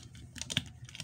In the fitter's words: you hear the click right